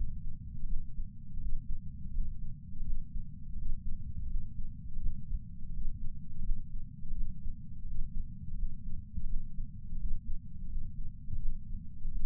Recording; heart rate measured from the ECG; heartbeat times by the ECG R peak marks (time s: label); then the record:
heart sounds by patch sensor on the chest; 84 bpm
0.66 s: heartbeat
1.38 s: heartbeat
2.11 s: heartbeat
2.83 s: heartbeat
3.55 s: heartbeat
4.27 s: heartbeat
4.99 s: heartbeat
5.71 s: heartbeat
6.42 s: heartbeat
7.13 s: heartbeat
7.84 s: heartbeat
8.55 s: heartbeat
9.26 s: heartbeat
9.97 s: heartbeat
10.67 s: heartbeat
11.38 s: heartbeat
12.09 s: heartbeat
From the record:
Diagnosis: coronary artery disease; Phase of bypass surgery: postoperative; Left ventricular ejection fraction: 60.1%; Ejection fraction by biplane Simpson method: 55.9%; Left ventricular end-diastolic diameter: 44 mm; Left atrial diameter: 30 mm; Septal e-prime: 4.8 cm/s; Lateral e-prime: 11.2 cm/s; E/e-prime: 10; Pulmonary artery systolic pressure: 23 mmHg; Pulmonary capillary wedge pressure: 10 mmHg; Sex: male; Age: 75 years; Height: 167 cm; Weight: 58 kg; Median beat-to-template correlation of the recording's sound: 0.77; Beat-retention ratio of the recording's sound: 1.00